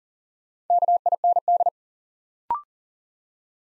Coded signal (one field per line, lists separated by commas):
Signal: Morse code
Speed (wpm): 39 wpm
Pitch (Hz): 700 Hz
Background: none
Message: KIND